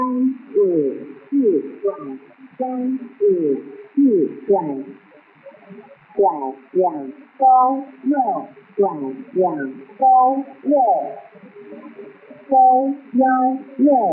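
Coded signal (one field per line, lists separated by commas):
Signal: numbers station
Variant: V13, Chinese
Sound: a voice reading short, evenly spaced syllables with tonal pitch glides, like numbers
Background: faint radio hiss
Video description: Star Broadcasting Station is a Taiwan clandestine shortwave number station which send instructions to agencies/spies working in P. R. C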